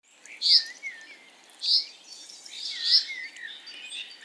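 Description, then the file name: Common chaffinch giving three sharp, high call notes about a second apart, with softer chirps between. "Fringilla coelebs"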